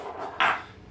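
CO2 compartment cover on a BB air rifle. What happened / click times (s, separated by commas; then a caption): The plastic cover snapped back into place / 0.4 s. The plastic cover over the CO2 compartment of an ASG TAC 4.5 BB air rifle is pushed back into place after a 12 g CO2 cartridge is loaded. It snaps shut with a single sharp hit at 0.4 s, strongest in the upper midrange, then fades. The cover is seated.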